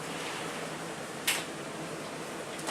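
A sliding glass bathroom or shower door in an RV is slid shut into its closed latch position. It is heard as a short, sharp click at 1.3 s over steady broadband noise, and the door seats; it must be kept snapped in place while traveling because the glass is real and will break.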